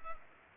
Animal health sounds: mosquito wingbeat signal from an infrared sensor; Culex pipiens

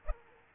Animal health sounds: mosquito wingbeat signal from an infrared sensor; Aedes aegypti

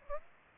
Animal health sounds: mosquito wingbeat signal from an infrared sensor; Aedes aegypti

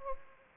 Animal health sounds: mosquito wingbeat signal from an infrared sensor; Anopheles gambiae

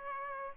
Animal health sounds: mosquito wingbeat signal from an infrared sensor; Aedes aegypti

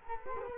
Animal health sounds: mosquito wingbeat signal from an infrared sensor; Culex quinquefasciatus

